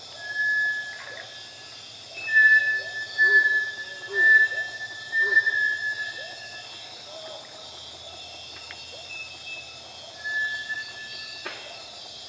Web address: sound Bartlett's-tinamou. صدای-پرنده-وشم-بارتلت